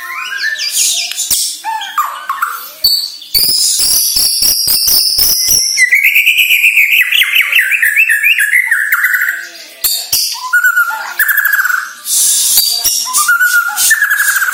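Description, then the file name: White-rumped shama song mixing a burst of rapid sharp clicks, a long descending trilled run, and varied whistled and buzzy phrases. Borneo; lure recording used to make birds sing actively ('gacor'). "Sara Pancingan Murai Batu Borneo Agar Gacor Dor"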